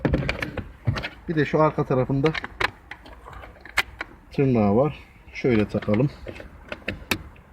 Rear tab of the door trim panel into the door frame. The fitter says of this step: şuraya yerine getirdiğimizde arka taraf tık diye yerine geldi zaten şurada